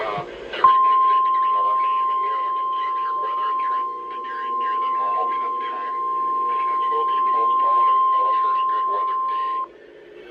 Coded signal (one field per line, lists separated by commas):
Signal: Emergency Alert System (SAME) tones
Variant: 1050 Hz attention tone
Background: speech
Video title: UNPRACTICAL POSTPONEMENT…(4/4/24) EAS 1421